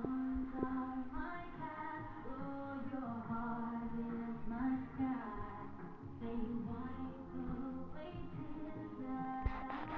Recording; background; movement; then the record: deep breathing; music; walking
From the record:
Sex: female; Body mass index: 21.8 kg/m2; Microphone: on the chest, facing the body